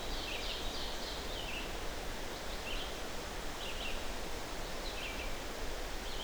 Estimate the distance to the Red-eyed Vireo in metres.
about 85 m